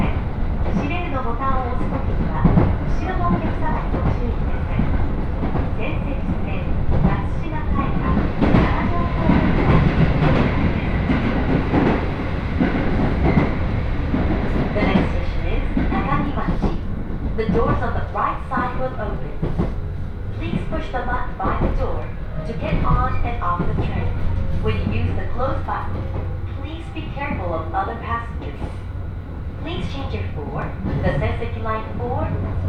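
Inside a HB-E210 hybrid diesel train on the Senseki-Tohoku Line rapid service, a steady low rumble and hum of the running train fills all 33 seconds. People talk throughout, voices overlapping in near-constant chatter, while the drone stays level with slight swells.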